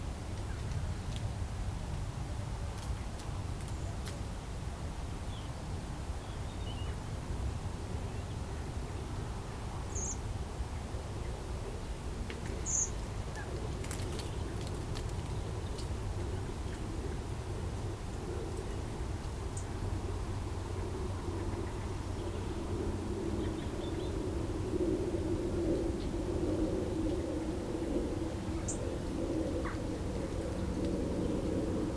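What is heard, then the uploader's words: A gentle breeze rustles hedgerow leaves as a steady low rumble, with a few brief bird calls scattered sparsely throughout. A cold, crisp winter's walk along the Severn Estuary. We're beside the River Severn in South Gloucestershire on a cold, quiet, crisp, sunny winter afternoon. A gentle breeze moves through the last remaining leaves on the hedgerows and few birds sing. Recorded by Annie Sanderson.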